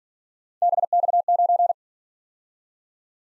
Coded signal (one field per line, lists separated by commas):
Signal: Morse code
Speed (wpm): 46 wpm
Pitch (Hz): 700 Hz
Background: none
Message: BX9